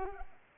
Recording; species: mosquito wingbeat signal from an infrared sensor; Culex pipiens